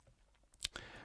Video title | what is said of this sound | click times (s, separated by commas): Pagani Design PD-1701 V4 (Speedmaster Homage) 4K Watch Review | Pushing it back in, it's got a nice positive click, and that restarts the movement. | 0.6 s